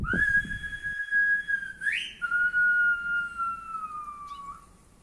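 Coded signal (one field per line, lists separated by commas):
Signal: whistled language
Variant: Silbo Gomero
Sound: sustained whistle, a quick rising sweep, then a long slightly falling whistled tone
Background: small room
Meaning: Calling a person by name, Elisabeth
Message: ah elisabeth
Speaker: if i want to call michael or elizabeth what they will hear will be ah michael ah elisabeth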